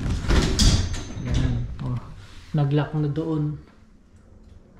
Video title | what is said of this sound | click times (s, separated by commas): PAANO GAWIN ANG GARAGE DOOR NA AYAW MAG SARA / how to fixed garage door not closing properly | niyo mga Pakita ko sa inyo itataas ko to nag-lock | 1.8 s